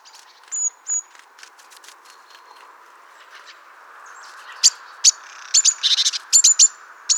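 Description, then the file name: Great tit calls: sharp, high clicks and short chips, sparse early, then quick clustered bursts in the second half. "Parus major"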